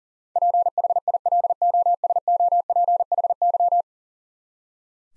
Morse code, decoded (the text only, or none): PHILOSOPHY